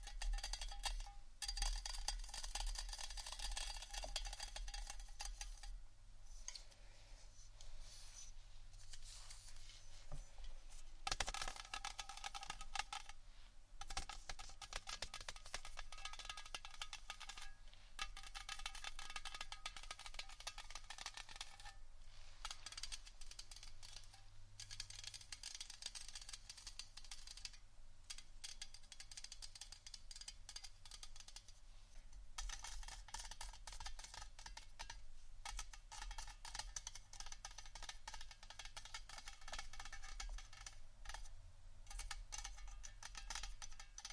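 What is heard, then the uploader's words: Scratching and tapping on various items, a steady run of dense, gritty scraping with bright upper tones that shift in pitch every few seconds. Brief pauses and sharp taps break it up around 6, 11, 24 and 32 seconds, over a constant low hum. ASMR Scratchtap On Various Items （No Talking）.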